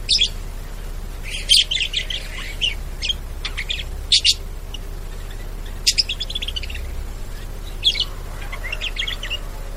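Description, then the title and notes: Bird chirps in short bright bursts, with several loud sharp notes spaced a couple of seconds apart over a steady low hum. Bird ringtone with melodious sounds. "Burung Dengan Suara Merdu"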